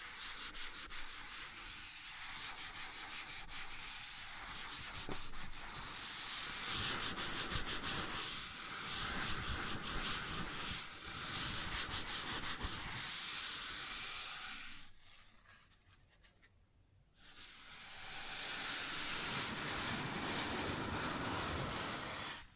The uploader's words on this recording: ASMR Sounds on Wooden Surface (No Talking).